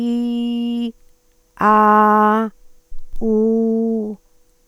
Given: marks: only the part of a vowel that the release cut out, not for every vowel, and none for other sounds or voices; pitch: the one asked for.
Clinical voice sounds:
sustained vowels; female; 60 to 69 years; 0; 0; 0
0.00-0.86 s: vowel /i/, normal pitch
1.67-2.36 s: vowel /a/, normal pitch
3.28-4.03 s: vowel /u/, normal pitch
From the record:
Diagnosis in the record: dysphonia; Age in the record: 66 years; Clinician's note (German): Funktionelle Dysphonie, beginnende Altersstimme

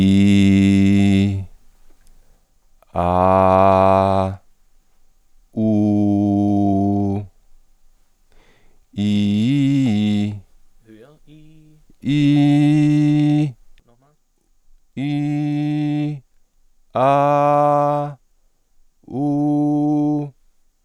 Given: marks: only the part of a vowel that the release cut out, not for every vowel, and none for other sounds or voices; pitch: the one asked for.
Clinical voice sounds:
sustained vowels; male; 30 to 39 years; 0; 0; 0
0.00-0.96 s: vowel /i/, normal pitch
3.14-4.13 s: vowel /a/, normal pitch
5.68-7.00 s: vowel /u/, normal pitch
12.11-13.40 s: vowel /i/, high pitch
17.17-17.90 s: vowel /a/, high pitch
19.35-20.06 s: vowel /u/, high pitch
From the record:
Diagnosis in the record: functional dysphonia, superior laryngeal neuralgia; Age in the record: 37 years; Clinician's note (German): "Kontaktpachydermie ohne Kontaktpachydermie" nach Strumektomie

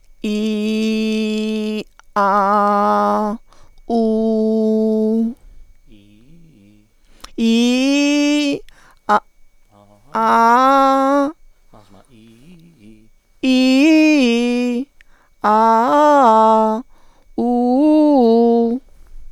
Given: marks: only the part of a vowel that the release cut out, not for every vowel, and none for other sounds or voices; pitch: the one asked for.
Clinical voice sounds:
sustained vowels; female; 40 to 49 years; 2; 2; 1
0.33-1.72 s: vowel /i/, low pitch
2.23-3.23 s: vowel /a/, low pitch
3.97-5.18 s: vowel /u/, low pitch
13.54-14.58 s: vowel /i/, low-high-low pitch
15.52-16.64 s: vowel /a/, low-high-low pitch
17.45-18.52 s: vowel /u/, low-high-low pitch
From the record:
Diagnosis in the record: hyperfunctional dysphonia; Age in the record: 49 years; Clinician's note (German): Ponogen, Nebenbemerkung: Cortison-Spray bei allergischem Asthma

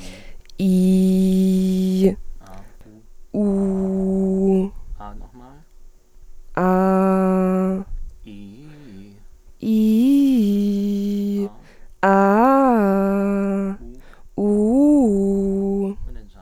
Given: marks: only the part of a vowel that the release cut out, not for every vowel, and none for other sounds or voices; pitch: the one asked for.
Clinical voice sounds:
sustained vowels; female; 20 to 29 years; 0; 0; 0
0.66-1.99 s: vowel /i/, low pitch
3.41-4.56 s: vowel /u/, low pitch
6.65-7.75 s: vowel /a/, low pitch
9.72-11.34 s: vowel /i/, low-high-low pitch
12.15-13.66 s: vowel /a/, low-high-low pitch
14.43-15.83 s: vowel /u/, low-high-low pitch
From the record:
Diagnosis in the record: healthy voice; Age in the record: 21 years

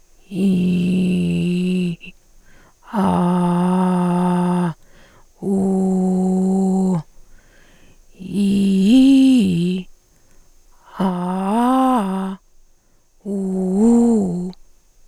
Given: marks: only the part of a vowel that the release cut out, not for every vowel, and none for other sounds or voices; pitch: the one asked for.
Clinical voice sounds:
sustained vowels; female; 40 to 49 years; 2; 2; 1
0.46-1.85 s: vowel /i/, low pitch
3.09-4.59 s: vowel /a/, low pitch
5.53-6.89 s: vowel /u/, low pitch
8.42-9.65 s: vowel /i/, low-high-low pitch
11.09-12.24 s: vowel /a/, low-high-low pitch
13.33-14.41 s: vowel /u/, low-high-low pitch
From the record:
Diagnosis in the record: recurrent laryngeal nerve paralysis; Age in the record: 47 years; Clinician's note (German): Links, intubationsbedingt, mit guter stroboskopischer Restbeweglichkeit

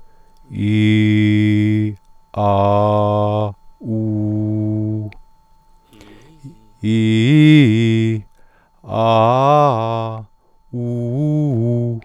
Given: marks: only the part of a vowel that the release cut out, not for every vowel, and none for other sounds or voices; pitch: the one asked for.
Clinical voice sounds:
sustained vowels; male; 40 to 49 years; 0; 0; 0
0.69-1.80 s: vowel /i/, low pitch
2.45-3.40 s: vowel /a/, low pitch
3.94-4.91 s: vowel /u/, low pitch
6.92-7.57 s: vowel /i/, low-high-low pitch
9.02-10.00 s: vowel /a/, low-high-low pitch
10.83-11.87 s: vowel /u/, low-high-low pitch
From the record:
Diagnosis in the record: healthy voice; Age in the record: 49 years

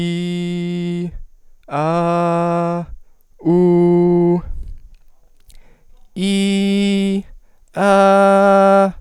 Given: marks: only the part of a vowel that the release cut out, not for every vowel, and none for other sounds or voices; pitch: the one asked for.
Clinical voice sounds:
sustained vowels; male; 18 to 19 years; 0; 0; 0
0.00-0.96 s: vowel /i/, normal pitch
1.89-2.72 s: vowel /a/, normal pitch
3.53-4.28 s: vowel /u/, normal pitch
6.28-7.07 s: vowel /i/, high pitch
7.96-8.79 s: vowel /a/, high pitch
From the record:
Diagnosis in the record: healthy voice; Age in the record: 19 years

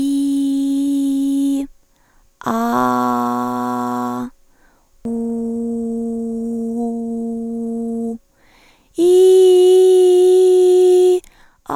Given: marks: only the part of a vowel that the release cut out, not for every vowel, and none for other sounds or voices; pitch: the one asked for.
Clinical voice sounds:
sustained vowels; female; 20 to 29 years; 2; 2; 1
0.00-1.51 s: vowel /i/, normal pitch
2.80-4.02 s: vowel /a/, normal pitch
5.89-7.99 s: vowel /u/, normal pitch
9.20-10.97 s: vowel /i/, high pitch
From the record:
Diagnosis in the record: hyperfunctional dysphonia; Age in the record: 24 years

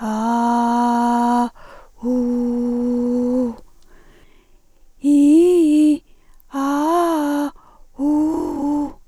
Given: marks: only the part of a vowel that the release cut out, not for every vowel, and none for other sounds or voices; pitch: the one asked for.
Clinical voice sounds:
sustained vowels; female; 60 to 69 years; 2; 1; 2
0.29-1.29 s: vowel /a/, low pitch
2.25-3.30 s: vowel /u/, low pitch
5.12-5.87 s: vowel /i/, low-high-low pitch
6.69-7.39 s: vowel /a/, low-high-low pitch
8.10-8.79 s: vowel /u/, low-high-low pitch
From the record:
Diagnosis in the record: recurrent laryngeal nerve paralysis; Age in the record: 63 years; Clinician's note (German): Links, deutliche Verbesserung gegenüber Vorbefund

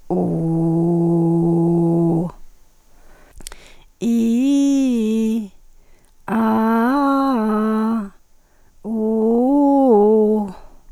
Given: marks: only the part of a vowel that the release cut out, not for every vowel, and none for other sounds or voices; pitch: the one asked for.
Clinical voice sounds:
sustained vowels; female; 40 to 49 years; 1; 1; 1
0.29-2.11 s: vowel /u/, low pitch
4.08-5.34 s: vowel /i/, low-high-low pitch
6.35-7.91 s: vowel /a/, low-high-low pitch
8.96-10.36 s: vowel /u/, low-high-low pitch
From the record:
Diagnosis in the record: arytenoid dislocation, hyperfunctional dysphonia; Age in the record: 45 years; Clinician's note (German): Zustand danach mit jetzt noch hyperfunktioneller Dysphonie

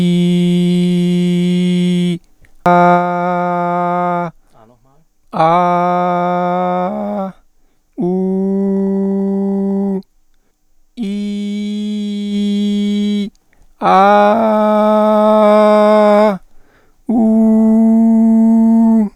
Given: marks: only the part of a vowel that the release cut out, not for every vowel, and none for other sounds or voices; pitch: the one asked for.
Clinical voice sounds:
sustained vowels; male; 30 to 39 years; 0; 0; 0
0.00-1.96 s: vowel /i/, normal pitch
3.03-4.17 s: vowel /a/, normal pitch
8.07-9.89 s: vowel /u/, normal pitch
11.15-13.12 s: vowel /i/, high pitch
14.20-16.15 s: vowel /a/, high pitch
17.26-18.91 s: vowel /u/, high pitch
From the record:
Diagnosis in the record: mutational falsetto, contact pachydermia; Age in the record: 36 years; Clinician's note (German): Mutationsfistelstimme?, Kontaktpachydermie ohne "Kontaktpachydermie"

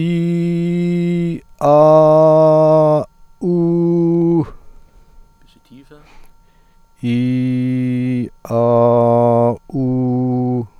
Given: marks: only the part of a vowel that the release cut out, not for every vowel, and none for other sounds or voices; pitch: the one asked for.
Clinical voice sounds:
sustained vowels; male; 40 to 49 years; 0; 0; 0
0.00-1.25 s: vowel /i/, normal pitch
1.70-2.93 s: vowel /a/, normal pitch
3.50-4.36 s: vowel /u/, normal pitch
7.11-8.17 s: vowel /i/, low pitch
8.59-9.45 s: vowel /a/, low pitch
9.81-10.54 s: vowel /u/, low pitch
From the record:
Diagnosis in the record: healthy voice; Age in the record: 49 years

